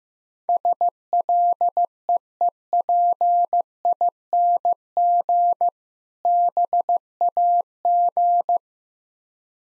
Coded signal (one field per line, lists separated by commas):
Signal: Morse code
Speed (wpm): 15 wpm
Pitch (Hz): 700 Hz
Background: none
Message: SLEEPING BAG